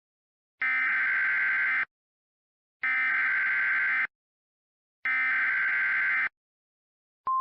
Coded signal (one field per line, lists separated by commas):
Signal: Emergency Alert System (SAME) tones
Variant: header bursts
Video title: *VALID TONES* Hurricane Jerry: Great Lakes Monster (EAS Scenario)